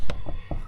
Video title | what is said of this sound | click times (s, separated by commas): Long Cranking fixed - Fixed Fuel Pump - Land Rover LR3 / S5-E31 | you heard it snap yes yeah | 0.1 s